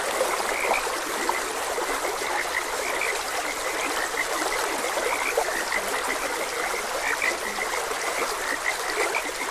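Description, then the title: Frogs croaking, faint repeated notes scattered over a steady broad hiss of running stream water, with no clear pauses. Frogs croaking beside a gentle stream. "Gentle Stream and Frogs Croaking"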